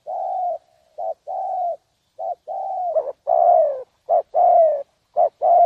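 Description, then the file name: Spotted dove giving low mellow coos, long notes alternating with short clipped ones, the later coos louder and fuller. "tieng cu dat gay"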